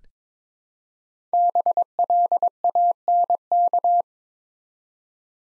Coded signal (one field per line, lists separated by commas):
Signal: Morse code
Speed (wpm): 23 wpm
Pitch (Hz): 700 Hz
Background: none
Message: BLANK